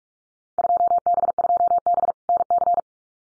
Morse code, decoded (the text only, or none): 2B2B NC